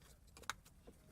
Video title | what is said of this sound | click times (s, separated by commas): SKODA FABIA MYSTERIOUS missing DASH LIGHT REPAIR Mk1 1.9 TDI ATD 00-07 | Slip it on till it fully clicks into place and we're done. | 0.5 s